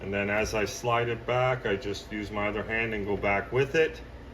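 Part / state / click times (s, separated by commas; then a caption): embroidery hoop frame into embroidery machine arm / not seated / none. A hooped shirt frame is slid back by hand onto the hoop arm of an embroidery machine while a man talks throughout. Nothing has locked or clicked into place yet.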